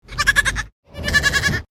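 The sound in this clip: Goat bleating twice, each bleat a loud, wavering, nasal cry with a quivering tremolo, separated by a short silence.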